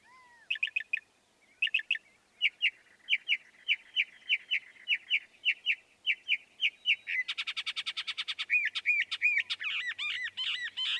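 Northern mockingbird song switching through phrase types: spaced sharp chirps repeated steadily, then a dense buzzy rattle, then looping whistled notes repeated several times.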